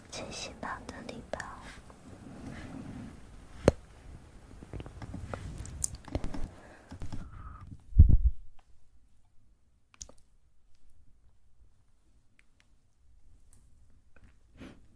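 Quick mouth sounds, wet clicks and smacks, come densely for the first seven seconds, then a low thump near eight and sparse clicks.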